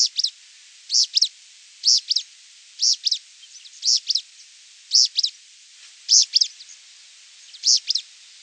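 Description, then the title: Pale-breasted spinetail calling: a high, sharp two-note phrase repeated roughly once a second. "LuckyPassaro Completos2Sama. Pale-breasted Spinetail (Synallaxis albescens)"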